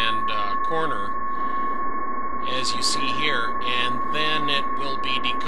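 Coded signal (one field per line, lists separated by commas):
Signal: PSK31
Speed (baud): 31.25 baud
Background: speech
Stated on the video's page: CW and PSK31 signals on 20 meters received with SDR-Radio, LD-1B front end, E-Mu 0202 soundcard and MFJ Super Hi-Q Loop antenna, using CW filter.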